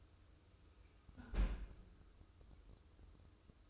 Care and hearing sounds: daily activity, microphone in the room; close fridge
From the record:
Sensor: 2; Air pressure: 995.0 hPa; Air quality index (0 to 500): 66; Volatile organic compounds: 2 ppm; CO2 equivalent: 1141 ppm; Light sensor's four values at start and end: 18/57/22/22 and 18/57/22/22

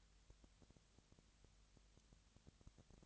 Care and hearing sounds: daily activity, microphone in the room; no activity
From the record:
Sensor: 3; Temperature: 20.6 degrees Celsius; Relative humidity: 35.7%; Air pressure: 998.8 hPa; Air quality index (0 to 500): 236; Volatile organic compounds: 72 ppm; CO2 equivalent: 3534 ppm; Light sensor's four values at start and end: 2/3/2/2 and 2/3/2/2

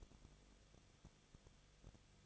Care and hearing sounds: daily activity, microphone in the room; no activity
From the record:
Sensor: 4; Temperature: 23.0 degrees Celsius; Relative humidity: 34.1%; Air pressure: 1007.4 hPa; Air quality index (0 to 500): 212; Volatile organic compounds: 14 ppm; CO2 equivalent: 2444 ppm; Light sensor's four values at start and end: 2/3/1/1 and 2/3/1/1

